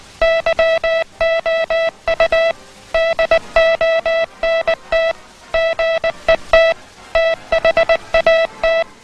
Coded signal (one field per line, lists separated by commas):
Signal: Morse code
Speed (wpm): 19 wpm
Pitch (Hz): 660 Hz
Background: music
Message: YOU DONT GET THAT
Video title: Aula de telegrafia do Exército Americano de 1966 12